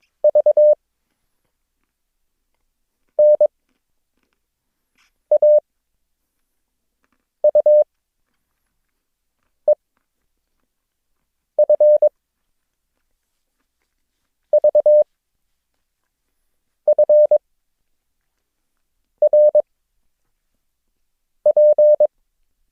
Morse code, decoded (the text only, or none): V N A U E F V F R P